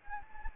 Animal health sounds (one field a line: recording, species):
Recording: mosquito wingbeat signal from an infrared sensor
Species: Anopheles gambiae